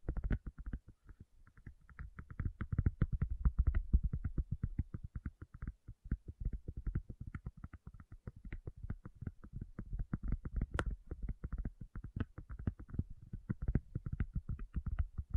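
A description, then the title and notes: Fast, dense tapping runs the whole way through, a quick uneven patter of dull, low-heavy knocks with a light clicky edge. It swells a little louder around the second to fourth seconds, and a few sharper, brighter taps stand out near the end. Tapping Session (No Talking).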